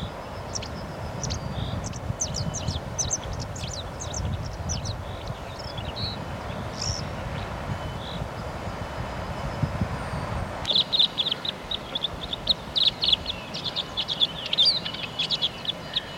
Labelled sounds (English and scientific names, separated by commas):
Red-backed Shrike (Lanius collurio) song